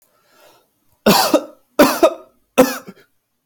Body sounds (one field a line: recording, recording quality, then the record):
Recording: heavy voluntary cough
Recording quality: excellent, no background noise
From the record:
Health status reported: healthy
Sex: male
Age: 29 years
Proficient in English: yes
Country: United States